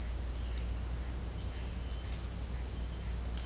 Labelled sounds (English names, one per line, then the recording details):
none
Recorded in secondary vegetation near Puerto Asís, Putumayo, Colombia, on 19 March 2025 at 09:30
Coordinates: 0.502, -76.326
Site G100